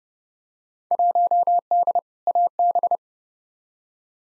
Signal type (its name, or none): Morse code